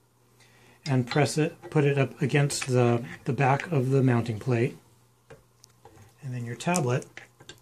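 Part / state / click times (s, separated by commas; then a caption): tablet into quick release lock on mounting plate / not seated / none. A tablet in its case is handled against the quick release lock on the back of a metal counter-pole mounting plate while someone talks. A few brief, faint handling sounds come at about 5.3, 5.6 and 5.9 seconds, but nothing has seated or clicked into the lock yet.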